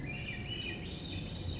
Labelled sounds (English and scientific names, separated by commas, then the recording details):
Swainson's Thrush (Catharus ustulatus)
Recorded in Sonoma County, California